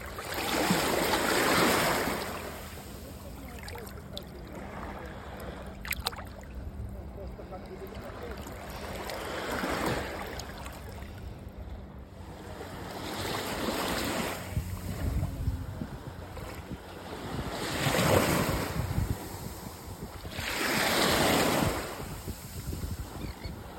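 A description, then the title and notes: Waves wash onto a beach in slow surges, swelling roughly every four to six seconds near the start, at ten, and around eighteen and twenty-one seconds. Between them a low rumble and wind buffeting fill the gaps, with a faint steady hum underneath for a stretch. Sounds of a seaside holiday on the beach.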